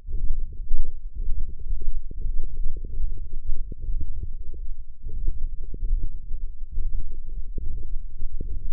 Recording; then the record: forearm muscle sounds (acoustic myography)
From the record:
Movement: hand opening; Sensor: system 1, eight BSWA MPA416 microphones around the upper forearm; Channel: 6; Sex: male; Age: 23 years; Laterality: right